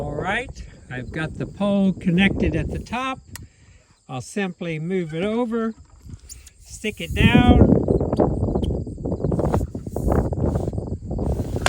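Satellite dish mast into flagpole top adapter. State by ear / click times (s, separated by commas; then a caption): seated / 11.7 s. A Gen 3 Starlink dish mast is moved over and pushed all the way down into the FlagPole Buddy adapter on top of a Harbor Freight 20-foot flagpole while someone talks. Speech gives way to broadband handling and rustling noise with a few small ticks. A loud, sharp snap at 11.7 s marks the mast seating in the adapter.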